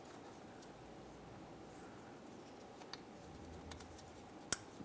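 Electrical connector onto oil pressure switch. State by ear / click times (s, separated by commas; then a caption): seated / 4.5 s. An electrical connector is pushed onto the newly installed oil pressure switch on the engine of a 2006-2012 Ford Fusion 3.0L V6. After a low steady hum and a few faint ticks around 2.9 s and 3.7 s, a loud sharp click at 4.5 s marks the connector latching into place. The connector is seated and secure.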